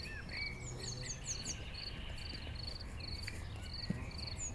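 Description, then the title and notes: Cricket chirping in short regular pulses, steady throughout, with bird calls and chirps and low background rumble. Crickets in a pasture, with near and distant birds; Chindrieux, France. "195 Rue de Vars, Chindrieux, France. Deux juments dans un pâturage , grillons, oiseaux proches et lointains"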